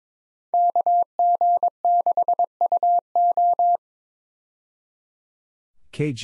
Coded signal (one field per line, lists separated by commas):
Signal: Morse code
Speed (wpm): 22 wpm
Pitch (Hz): 700 Hz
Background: none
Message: KG6UO